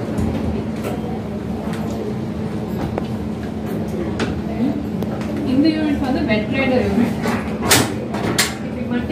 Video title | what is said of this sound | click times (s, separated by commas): Grand Launch of Design Cafe, Known For Its Space Saving Home Interiors Its First Showroom In Chennai | பண்ணிட்டீங்கன்னா lock ஆகிடும். | 8.4 s